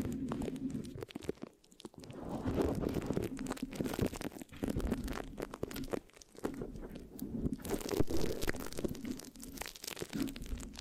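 Sticky mic scratching with no talking, made of dense, uneven crackling and tacky rubbing that surges and fades over the eleven seconds. Sharp clicks and pops cut through often, with a low, muffled rumble underneath and brief quiet gaps near two and six seconds.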